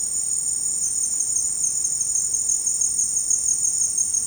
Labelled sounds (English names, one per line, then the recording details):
none
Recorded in secondary vegetation near Puerto Asís, Putumayo, Colombia, on 19 March 2025 at 15:30
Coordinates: 0.502, -76.326
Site G100